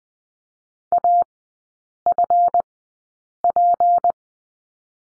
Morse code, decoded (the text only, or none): AFP